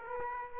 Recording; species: mosquito wingbeat signal from an infrared sensor; Aedes aegypti